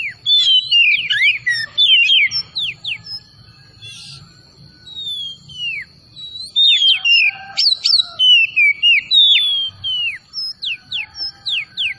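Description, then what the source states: Oriental magpie-robin singing rapid bursts of sweeping whistles and chirps, a quieter gap in the middle, then lively phrases resuming, over a faint constant high hum. Kacer Tretes bird, singing vigorously (gacor).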